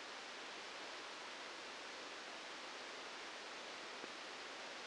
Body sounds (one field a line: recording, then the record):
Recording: brain microelectrode recording played as sound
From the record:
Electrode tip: outside the subthalamic nucleus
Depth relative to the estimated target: -6 mm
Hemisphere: right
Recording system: NeuroSet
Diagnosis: Parkinson's disease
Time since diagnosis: 8 years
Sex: male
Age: 59 years